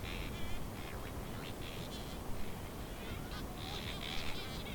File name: Distant shearwaters near the sea weird night birds